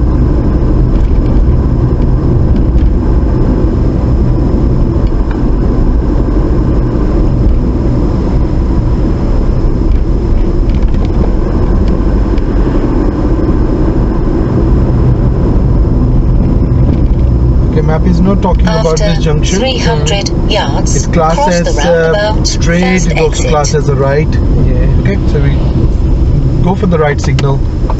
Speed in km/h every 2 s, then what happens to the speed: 39, 39, 39, 39, 35, 37, 40, 40, 37, 34, 32, 29, 24, 19.
0-14 steady at about 39. 14-28 slows to 19.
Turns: none.